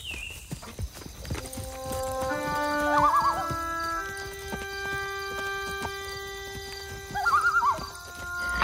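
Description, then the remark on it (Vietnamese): A horse whinnies in a rising, wavering call while hooves clip-clop in a steady walking rhythm as riders mount and set off on horseback for a long journey; a second shorter whinny comes near the end, over a faint background hum. “Thôi được, lên ngựa nào. Họ đi ròng rã cả ngày và khi đêm xuống, họ đã đến gần thành phố.”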